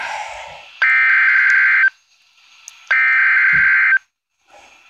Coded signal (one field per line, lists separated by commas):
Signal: Emergency Alert System (SAME) tones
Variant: header bursts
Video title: EAS 56 - Special Marine Warning Pensacola FL